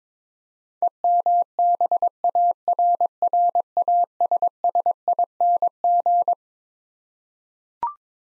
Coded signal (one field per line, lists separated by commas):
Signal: Morse code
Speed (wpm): 22 wpm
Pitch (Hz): 700 Hz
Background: none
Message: EMBARRASSING